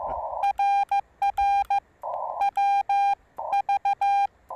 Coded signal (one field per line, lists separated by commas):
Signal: Morse code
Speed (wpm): 15 wpm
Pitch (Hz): 800 Hz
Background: none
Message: RR WV